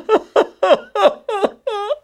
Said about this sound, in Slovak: Počujete? Niekto tam dolu plače. Ako žalostne narieka. Poďme sa pozrieť, kto to je. Veď je to sup! Náš stratený kamarát!